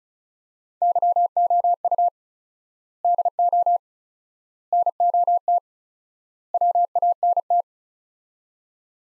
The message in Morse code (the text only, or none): YOU DO NOT WANT